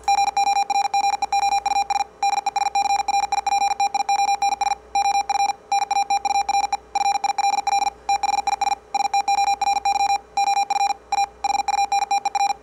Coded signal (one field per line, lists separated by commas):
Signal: Morse code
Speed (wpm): 50 wpm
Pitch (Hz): 800 Hz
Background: none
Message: GORGEOUS DESCRIPTIONS OF NATURE FILL THIS STORY OF A HUNTER